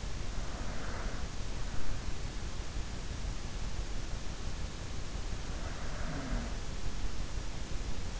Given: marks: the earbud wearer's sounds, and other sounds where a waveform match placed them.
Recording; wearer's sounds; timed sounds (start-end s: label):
sounds in sleep by an in-ear microphone; breath
0.00-2.73 s: breath
5.26-8.19 s: breath